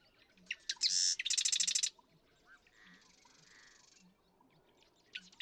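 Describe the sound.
Marsh Wren song: a harsh buzzy burst leading into a quick stuttering rattle of repeated notes, followed by softer buzzy sounds.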